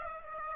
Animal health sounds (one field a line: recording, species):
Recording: mosquito wingbeat signal from an infrared sensor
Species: Aedes aegypti